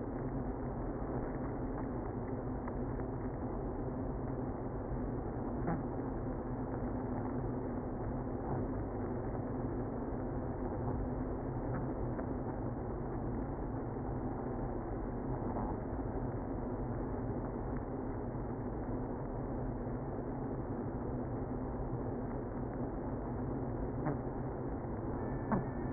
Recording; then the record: honeybee colony, microphone inside the hive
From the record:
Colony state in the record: queenless (queen removed); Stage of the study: after two queens were removed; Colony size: about 60,000 bees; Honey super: yes